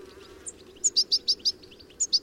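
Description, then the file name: European goldfinch calls: a quick run of high, thin chirping notes, bunched closely in the second half, over a low steady hum. "Carduelis carduelis"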